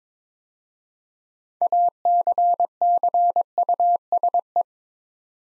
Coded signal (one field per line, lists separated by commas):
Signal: Morse code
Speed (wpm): 22 wpm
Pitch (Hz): 700 Hz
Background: none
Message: ACCUSE